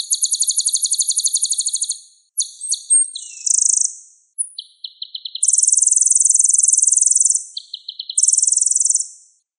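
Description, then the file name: Sunbird song: rapid, very high buzzy trills in changing phrases, with several flat, dense pulsed buzzes and short pauses between bursts; no other sounds. Song used as a lure to draw birds into calling. "suara burung madu untuk memancing bunyi"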